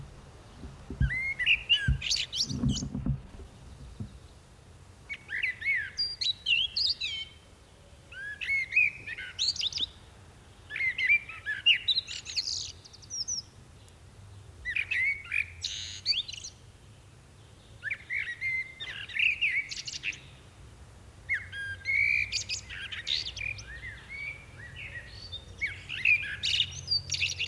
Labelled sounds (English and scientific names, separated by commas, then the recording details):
Common Blackbird (Turdus merula) song
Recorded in the wild
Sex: male
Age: adult
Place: Bielefeld-Mitte, Nordrhein-Westfalen, DE
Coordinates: 52.0078, 8.54778
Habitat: residential district
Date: 1973-06-17
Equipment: Uher 4200 Report Stereo, Bändchenmikro Beyer M 260, Parabolspiegel Polyester (600 mm)
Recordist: Conrads, Klaus